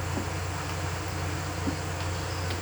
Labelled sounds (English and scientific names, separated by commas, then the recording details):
none
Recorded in pastures near Puerto Asís, Putumayo, Colombia, on 12 March 2025 at 10:00
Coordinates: 0.466, -76.322
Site CSA-02